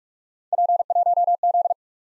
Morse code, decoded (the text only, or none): P1Z